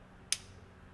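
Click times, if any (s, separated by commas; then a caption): 0.3 s. Two pins on one half of a metal cabinet door hinge slide into place on the other half, and a spring clip snaps the halves together with a single sharp, bright click at 0.3 s over a faint low hum. The hinge halves are now seated and locked into place.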